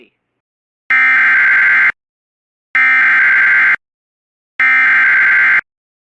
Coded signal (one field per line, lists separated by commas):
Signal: Emergency Alert System (SAME) tones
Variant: header bursts